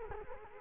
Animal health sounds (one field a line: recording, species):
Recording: mosquito wingbeat signal from an infrared sensor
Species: Culex quinquefasciatus